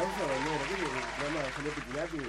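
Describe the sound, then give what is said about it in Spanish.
Steady applause from an audience, a dense, continuous patter of clapping that carries through the whole moment while a person speaks over it. “Ay, los aplausos.”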